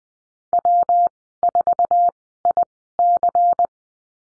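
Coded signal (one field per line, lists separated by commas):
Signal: Morse code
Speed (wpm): 19 wpm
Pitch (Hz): 700 Hz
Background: none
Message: W4IC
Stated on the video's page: Morse course lesson on call signs, Farnsworth speed 20/10 wpm.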